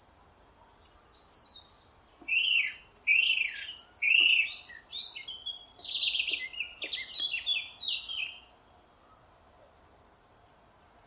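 Song thrush giving a slurred note three times, then a run of varied high, chattering phrases.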